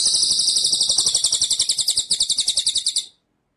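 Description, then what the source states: White-rumped shama song: a continuous high, rattling trill of quick pulses that pulses steadily for three seconds, then stops. Masteran training track of full 'ngerol' (rolling) and 'nembak' (shooting) song styles.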